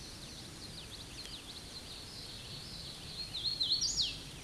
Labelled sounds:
Hooded Warbler (Setophaga citrina) song
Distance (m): 20 m
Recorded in a Pennsylvania forest on 18 May 2023 at 09:24
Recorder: AudioMoth, point grid1_34_low
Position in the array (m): 188 m, 113 m

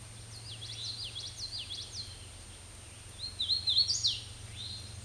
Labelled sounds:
Hooded Warbler (Setophaga citrina) song
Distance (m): 10 m
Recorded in a Pennsylvania forest on 18 May 2023 at 07:29
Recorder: AudioMoth, point grid1_31_low
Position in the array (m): 136 m, 90 m

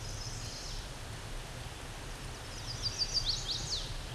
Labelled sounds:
Chestnut-sided Warbler (Setophaga pensylvanica) song
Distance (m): 20 m
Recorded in a Pennsylvania forest on 17 May 2023 at 11:52
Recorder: AudioMoth, point grid1_19_low
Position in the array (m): 121 m, 208 m

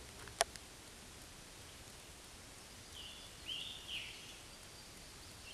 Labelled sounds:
Scarlet Tanager (Piranga olivacea) song
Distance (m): 25 m
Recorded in a Pennsylvania forest on 19 May 2023 at 10:54
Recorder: AudioMoth, point grid1_26_low
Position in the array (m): 164 m, 60 m

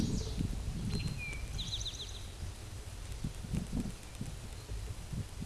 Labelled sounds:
Eastern Towhee (Pipilo erythrophthalmus) song
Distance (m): 45 m
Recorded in a Pennsylvania forest on 17 May 2023 at 12:10
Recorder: AudioMoth, point grid1_37_low
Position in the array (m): 116 m, 213 m

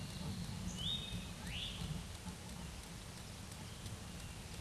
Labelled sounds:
Eastern Towhee (Pipilo erythrophthalmus) song
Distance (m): 35 m
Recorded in a Pennsylvania forest on 17 May 2023 at 13:58
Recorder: AudioMoth, point grid1_35_low
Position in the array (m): 134 m, 115 m

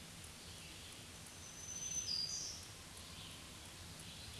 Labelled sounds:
Black-throated Green Warbler (Setophaga virens) song
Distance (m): 35 m
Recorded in a Pennsylvania forest on 1 June 2023 at 07:15
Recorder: AudioMoth, point grid3_6_high
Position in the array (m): 159 m, 39 m

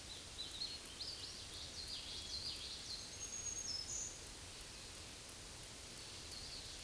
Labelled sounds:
Black-throated Green Warbler (Setophaga virens) song
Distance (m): 20 m
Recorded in a Pennsylvania forest on 18 May 2023 at 07:27
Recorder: AudioMoth, point grid1_7_low
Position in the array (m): 173 m, 61 m

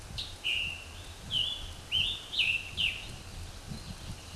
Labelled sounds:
Scarlet Tanager (Piranga olivacea) song
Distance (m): 5 m
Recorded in a Pennsylvania forest on 18 May 2023 at 20:37
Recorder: AudioMoth, point grid1_3_low
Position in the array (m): 97 m, 41 m

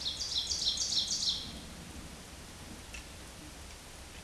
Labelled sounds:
Ovenbird (Seiurus aurocapilla) song
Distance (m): 25 m
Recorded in a Pennsylvania forest on 17 May 2023 at 14:05
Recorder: AudioMoth, point grid1_6_low
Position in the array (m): 211 m, 26 m

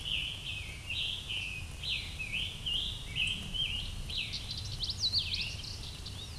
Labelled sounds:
Scarlet Tanager (Piranga olivacea) song
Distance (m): 5 m
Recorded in a Pennsylvania forest on 20 May 2023 at 20:41
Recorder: AudioMoth, point grid1_4_low
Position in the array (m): 53 m, 61 m

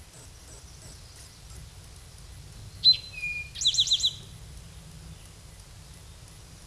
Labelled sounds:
Eastern Towhee (Pipilo erythrophthalmus) song
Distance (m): 5 m
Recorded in a Pennsylvania forest on 17 May 2023 at 13:16
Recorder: AudioMoth, point grid1_8_low
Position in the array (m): 119 m, 84 m

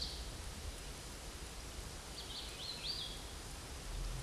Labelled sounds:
Hooded Warbler (Setophaga citrina) song
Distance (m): 35 m
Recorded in a Pennsylvania forest on 17 May 2023 at 13:42
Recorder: AudioMoth, point grid1_17_low
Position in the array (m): 226 m, 135 m

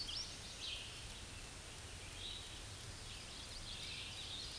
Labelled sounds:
Hooded Warbler (Setophaga citrina) song
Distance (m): 80 m
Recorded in a Pennsylvania forest on 18 May 2023 at 09:14
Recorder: AudioMoth, point grid1_30_low
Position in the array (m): 171 m, 154 m

